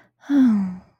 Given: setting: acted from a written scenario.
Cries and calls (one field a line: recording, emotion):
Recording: vocal sound without words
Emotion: serenity